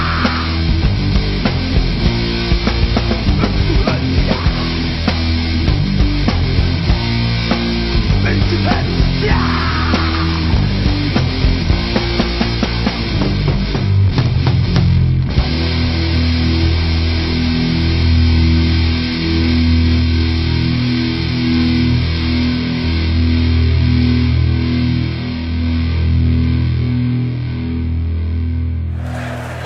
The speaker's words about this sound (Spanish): Guardamos las guitarras, el bajo, la batería y la distorsión. Ha sido suficiente por hoy.